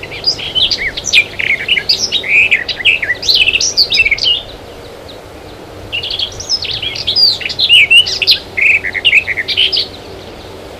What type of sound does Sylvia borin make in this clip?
song